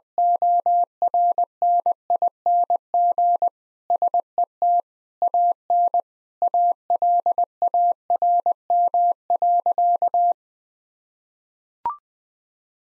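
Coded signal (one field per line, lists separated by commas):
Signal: Morse code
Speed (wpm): 20 wpm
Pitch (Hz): 700 Hz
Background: none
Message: ORNING SET AN ALARM.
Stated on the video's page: Practice sentences containing common eight-word phrases at 20 wpm.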